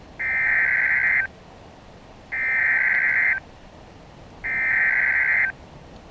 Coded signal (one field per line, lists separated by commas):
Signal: Emergency Alert System (SAME) tones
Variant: header bursts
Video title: [60FPS] EAS Severe Thunderstorn Warnings -NOAA WXL93- 21 June 2016